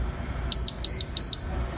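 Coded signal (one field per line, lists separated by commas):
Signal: beep code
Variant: Hoshizaki ice machine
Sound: three short high-pitched beeps in quick even succession over low room hum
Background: room hum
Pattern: 3 short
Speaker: we have three beeps we got three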